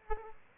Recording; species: mosquito wingbeat signal from an infrared sensor; Aedes aegypti